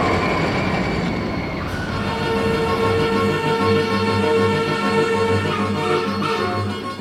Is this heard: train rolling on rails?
yes